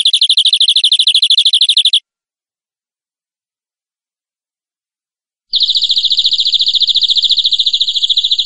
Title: Suara Kenari Gacor Suara Kicau Burung Kenari Gacor Juara 1